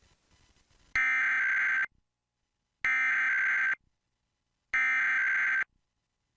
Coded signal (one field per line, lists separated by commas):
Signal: Emergency Alert System (SAME) tones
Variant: header bursts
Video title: (LATE 400 SUBSCRIBERS SPECIAL) EAS Mock Recreation: The Tennessee Amber Alert Fail of 2018